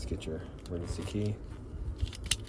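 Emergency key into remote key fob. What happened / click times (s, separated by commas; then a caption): The metal key blade clicked into its plastic housing / 2.3 s. Someone talks while the metal emergency key blade of a 2021 Toyota Highlander Hybrid remote key fob is pushed back into its slot in the plastic fob. A few faint ticks lead up to one loud, sharp click at 2.3 s as the key latches into place, fully seated.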